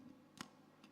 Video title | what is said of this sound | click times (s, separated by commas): INTERNATIONAL CONFERENCE FOR WOMEN BIRDERS 2023 _ DAY 1 | locks into place and it's perfectly centered on the 3x lens | 0.4 s